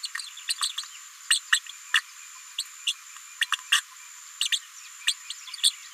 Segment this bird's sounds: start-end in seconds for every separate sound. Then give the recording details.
0.02-0.08, 0.47-0.54, 0.57-0.73, 1.29-1.41, 1.52-1.60, 1.93-2.02, 2.58-2.64, 2.86-2.93, 3.40-3.46, 3.72-3.80, 4.40-4.48, 4.52-4.59, 5.07-5.13, 5.30-5.33. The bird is a female. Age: 36 days. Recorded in a nest box in Venezuela. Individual 17B73B4